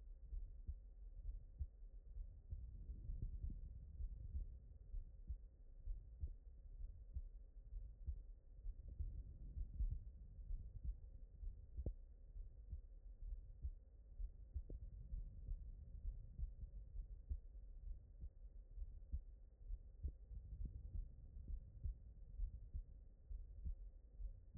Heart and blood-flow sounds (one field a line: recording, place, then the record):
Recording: heart sounds by stethoscope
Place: aortic valve (AV)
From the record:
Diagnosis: non-HFrEF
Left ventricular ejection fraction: 57%